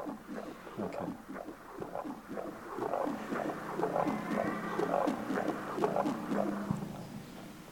The sound of a human heart beating.